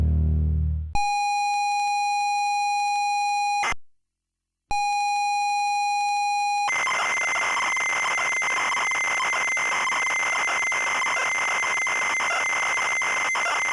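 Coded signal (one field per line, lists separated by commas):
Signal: ZX Spectrum tape loading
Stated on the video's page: ZX Spectrum tape loading sounds from 8-bit games released 1985–1992.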